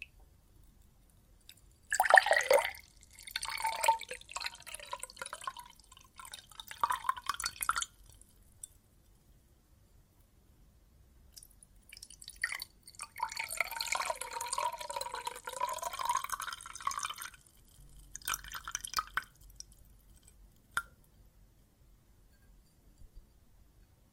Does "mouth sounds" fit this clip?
no